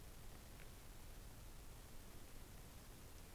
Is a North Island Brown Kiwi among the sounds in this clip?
no